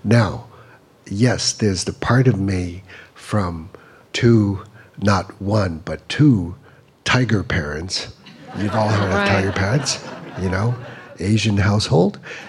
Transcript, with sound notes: Now, yes, there's the part of me from two - not one but two tiger parents.
(LAUGHTER)
We've all heard of...
Right.
...Tiger parents, you know, Asian household.